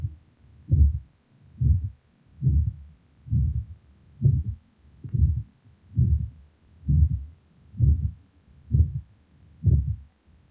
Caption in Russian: Самостоятельный систолический шум на легочной артерии выслушивается редко. При этом, чаще всего, он является функциональным, так как связан с несоответствием объемной скорости кровотока и просвета этого сосуда. Систолический шум в третьей точке аускультации у здорового молодого пациента с вегетососудистой дистонией.